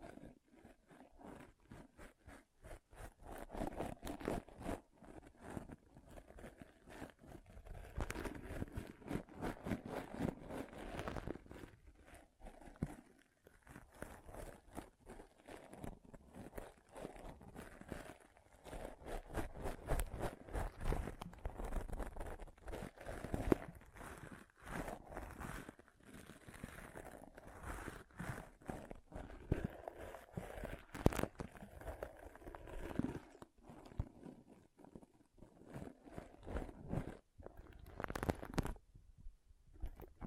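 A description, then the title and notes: Pom poms are squeezed and brushed in steady, dense rustling that crackles and swishes almost without pause. The scratchy texture comes in quick bursts, dipping into brief quieter gaps around 13 and 35 seconds before picking up again. ASMR Ultimate Pom Pom Tingles (No Talking).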